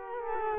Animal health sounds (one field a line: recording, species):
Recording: mosquito wingbeat signal from an infrared sensor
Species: Culex quinquefasciatus